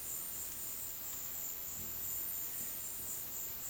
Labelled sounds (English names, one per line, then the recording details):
none
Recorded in dense forest near Puerto Asís, Putumayo, Colombia, on 19 February 2024 at 14:00
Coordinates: 0.505, -76.324
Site G6467